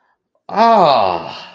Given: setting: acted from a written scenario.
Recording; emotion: vocal sound without words; pain